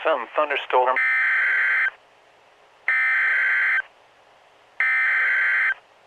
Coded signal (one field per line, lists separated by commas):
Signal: Emergency Alert System (SAME) tones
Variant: header bursts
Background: speech